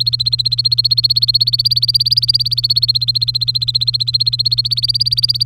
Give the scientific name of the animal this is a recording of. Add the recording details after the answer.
Serinus canaria. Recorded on 3 May 2018 at 14:48. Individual llb3